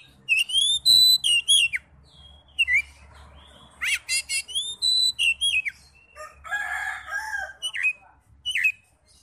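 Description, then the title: Oriental magpie-robin song: loud whistled notes slurring upward, a harsh buzzy burst, then more rich whistles and scratchy phrases in a continuous varied sequence. "Kacer"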